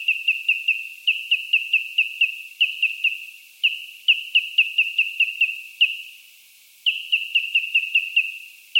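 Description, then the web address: Bird giving runs of short sharp notes on one steady pitch, in groups of several separated by brief pauses. Australian bird. "Sound Effects-Foundation 1 BIRD AUS BIRD 06 CALL 01"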